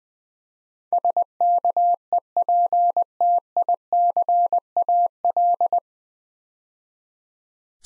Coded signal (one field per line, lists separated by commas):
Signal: Morse code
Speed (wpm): 20 wpm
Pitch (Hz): 700 Hz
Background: none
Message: SKEPTICAL